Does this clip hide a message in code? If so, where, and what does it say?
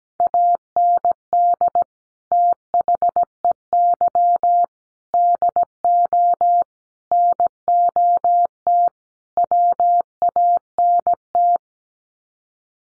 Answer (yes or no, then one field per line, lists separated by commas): yes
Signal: Morse code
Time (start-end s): 0.2-11.6 s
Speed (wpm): 17 wpm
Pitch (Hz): 700 Hz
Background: none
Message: AND THEY DO NOT WANT